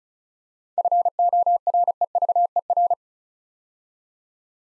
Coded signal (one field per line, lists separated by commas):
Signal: Morse code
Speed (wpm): 36 wpm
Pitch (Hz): 700 Hz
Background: none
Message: FOREVER